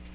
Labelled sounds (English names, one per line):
Magnolia Warbler flight call